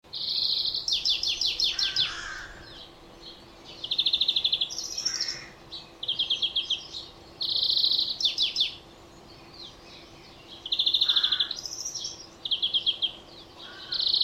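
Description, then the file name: European greenfinch song of ringing trills in quick succession, with a few lower soft notes between phrases and a low hum throughout. "Chloris chloris"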